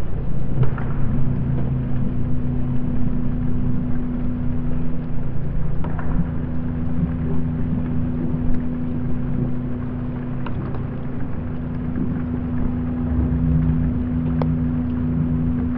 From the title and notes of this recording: The eery-strange chaotic sounds made by floating pontoons moving in response to watery energies. In mid-winter this year, I went down to a favourite pontoon that floats alongside the Sydney Opera House at a place named the Man O’War Steps. I went to the Man O’War pontoon with a contact microphone to attach to the structure and a hydrophone to listen underwater.